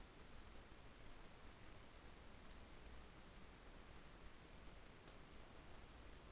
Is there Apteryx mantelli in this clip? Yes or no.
no